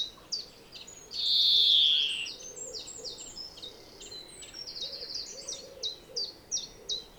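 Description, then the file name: European greenfinch giving short high chirping notes, a loud nasal descending wheeze, then a lively stream of short chirping twitters. "Chloris chloris"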